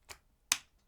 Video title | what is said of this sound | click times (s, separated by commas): CHEAP 4TB Thunderbolt 4 External SSD For Your MacBook Pro Mac mini Mac Studio M1 M2 M3 M4 M5 | There we go. So it's now all locked in. | 0.5 s